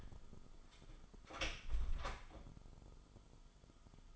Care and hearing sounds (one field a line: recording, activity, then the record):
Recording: daily activity, microphone in the room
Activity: close door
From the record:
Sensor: 5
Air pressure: 1005.0 hPa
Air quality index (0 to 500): 105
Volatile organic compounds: 2 ppm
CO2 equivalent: 1284 ppm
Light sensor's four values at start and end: 35/82/33/32 and 35/82/33/32